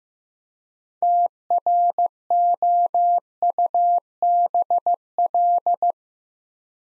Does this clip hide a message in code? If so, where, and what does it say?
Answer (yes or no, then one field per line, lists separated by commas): yes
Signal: Morse code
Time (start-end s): 1.0-5.9 s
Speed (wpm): 15 wpm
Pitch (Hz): 700 Hz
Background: none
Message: TROUBL